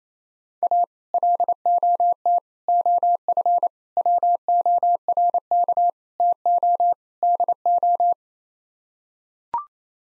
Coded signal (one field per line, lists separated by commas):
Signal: Morse code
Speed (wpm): 28 wpm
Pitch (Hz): 700 Hz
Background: none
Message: A LOT OF WORK TO DO